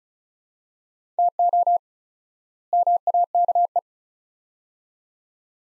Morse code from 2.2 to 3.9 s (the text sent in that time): MAKE